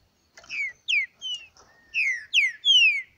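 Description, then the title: Green-winged saltator singing a short run of clear, downward-sliding whistles that grow louder toward the end of the phrase. Wild bird singing in the forest while competing with another free-living bird. "Trinca Ferro NICÃ O"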